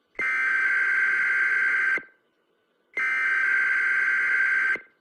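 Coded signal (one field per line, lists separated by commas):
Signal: Emergency Alert System (SAME) tones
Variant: header bursts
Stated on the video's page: Simulated boil water advisory scenario using valid EAS tones.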